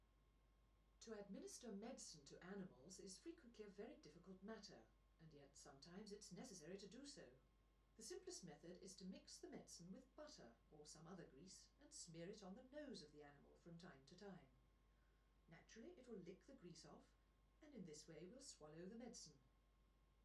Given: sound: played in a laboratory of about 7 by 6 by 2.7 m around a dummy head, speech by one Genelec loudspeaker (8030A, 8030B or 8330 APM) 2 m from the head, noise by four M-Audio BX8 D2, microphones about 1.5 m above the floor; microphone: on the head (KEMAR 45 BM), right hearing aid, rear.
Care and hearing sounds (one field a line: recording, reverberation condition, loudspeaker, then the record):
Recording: female speech in English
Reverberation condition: low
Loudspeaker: 120 degrees to the left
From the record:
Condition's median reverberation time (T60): about 310 ms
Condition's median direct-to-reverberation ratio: about 3.5 dB